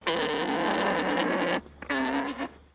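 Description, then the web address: Alpaca mating call, a long, steady, droning groan, then a brief break and a second, shorter groan, with a low hum underneath. Mating call of a male alpaca. "Sound Effects-Foundation 1 ANIMAL ALPACA MALE MATING CALL"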